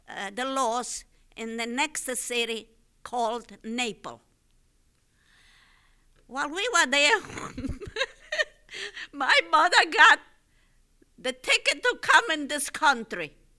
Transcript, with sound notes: the laws in the next city called Naples. While we were there ( she laughs ) my mother got the ticket to come in this country